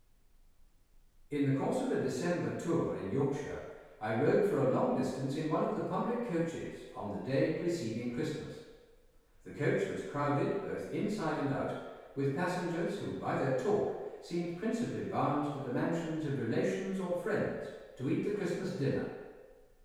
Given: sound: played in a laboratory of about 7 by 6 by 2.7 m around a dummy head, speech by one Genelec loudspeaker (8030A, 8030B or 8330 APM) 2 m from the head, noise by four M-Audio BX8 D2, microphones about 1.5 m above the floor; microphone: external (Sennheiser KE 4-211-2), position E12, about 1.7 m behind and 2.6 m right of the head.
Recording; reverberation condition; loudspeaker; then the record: male speech in English; high; 120 degrees to the left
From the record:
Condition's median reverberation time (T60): about 1300 ms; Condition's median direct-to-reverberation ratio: about -4.0 dB